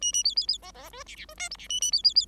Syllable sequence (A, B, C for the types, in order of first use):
A A B B B C C D E E D F G E A A B B B